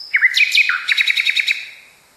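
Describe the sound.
Nightingale singing a brisk phrase: sliding whistled notes leading into a fast run of evenly repeated clipped notes that fades out.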